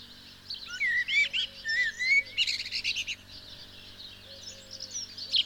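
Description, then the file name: House sparrow chirping: a busy run of quick, varied chirps and chatter in the first half, then sparser notes, with faint low tones beneath. "Passer domesticus"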